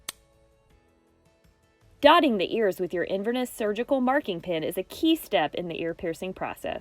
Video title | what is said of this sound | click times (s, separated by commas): Inverness Digital Training Video 2 | Take out the earring cartridge and load it into the instrument. You should hear the cartridge click into place. | 0.1 s